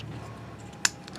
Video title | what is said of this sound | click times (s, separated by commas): How to Fill the HP Cartridges 923, 910, 902, 934, 935, 564 and 920 using the Fill Station | you hear that click but the tab must go through that little Notch twist it a little bit | 0.8 s